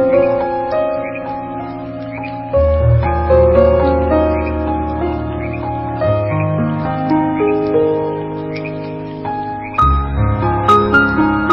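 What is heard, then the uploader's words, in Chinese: A slow, soft piano lullaby plays with held, ringing chords over a deep, steady bass that shifts to new chords near 2.5, 6 and 10 seconds. Small, faint frog-like calls repeat at a steady pace high above the music throughout. 小河蛙鸣与钢琴催眠曲音乐。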